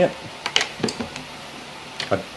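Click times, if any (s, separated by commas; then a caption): 0.6 s. A CPU retention or cooler clip is pressed into the socket mount on a motherboard, giving a sharp high-pitched click at 0.6 s among several other short clicks and knocks. Someone talks briefly at the start. Some of the clips clicked into place, but one of them did not click.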